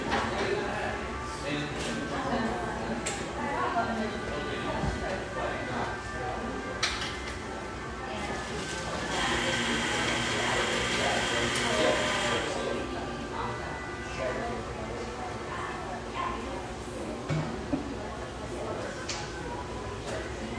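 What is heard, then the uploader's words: Lively coffeeshop ambience with constant overlapping chatter, scattered clinks, and a hissing burst of machine noise around the middle of the clip. Tacoma, Washington. Lively ambience from this rustic, bayside coffeeshop.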